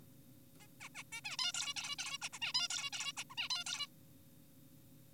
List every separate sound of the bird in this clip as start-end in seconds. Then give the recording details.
0.60-0.67, 0.81-0.89, 0.95-1.03, 1.12-1.21, 1.25-1.37, 1.39-1.52, 1.54-1.74, 1.76-1.96, 1.99-2.18, 2.22-2.29, 2.33-2.39, 2.42-2.53, 2.54-2.68, 2.70-2.90, 2.93-3.12, 3.17-3.24, 3.30-3.35, 3.38-3.48, 3.50-3.64, 3.66-3.86. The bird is an adult. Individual g4p5U